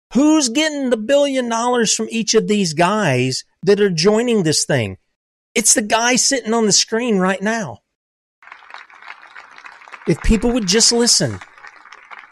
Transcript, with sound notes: Who's getting the billion dollars from each of these guys that are joining this thing? It's the guy sitting on the screen right now. (clapping) If people would just listen.